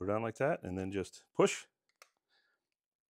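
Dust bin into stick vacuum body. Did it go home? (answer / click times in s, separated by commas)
yes / 2.0 s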